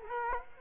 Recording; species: mosquito wingbeat signal from an infrared sensor; Culex quinquefasciatus